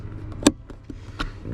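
On a MK6 GTI, after its LED bulb is tested, the footwell/glove box interior light housing with its metal casing is pushed back up into its trim opening in the glove box trim panel. A sharp, loud snap at 0.5 s marks the plastic clips engaging, with faint taps around it, and the housing is seated.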